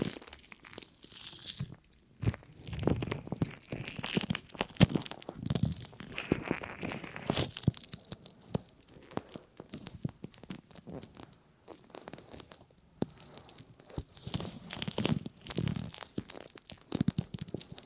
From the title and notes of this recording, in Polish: CZYSZCZENIA USZU ASMR po polsku.